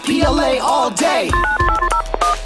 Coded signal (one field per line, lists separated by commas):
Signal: DTMF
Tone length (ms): 120 ms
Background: speech, music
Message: 9801